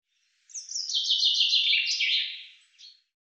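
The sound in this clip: Common chaffinch song: a bright, rattling trill of repeated notes that descends steadily in pitch and ends in a short flourish, about two and a half seconds long.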